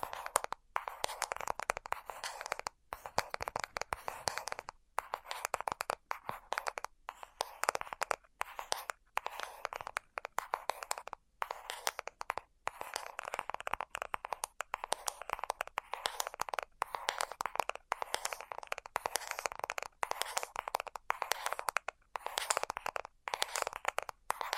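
ASMR tapping, with fast, dense bursts of crisp clicks and taps that fill nearly the whole stretch. The tapping comes in rapid clusters broken by frequent brief silences, and the sound is bright and scratchy with little low end.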